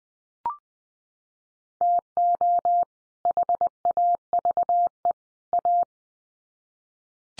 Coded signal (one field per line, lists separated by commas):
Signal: Morse code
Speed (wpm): 20 wpm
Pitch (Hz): 700 Hz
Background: none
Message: TO HAVE A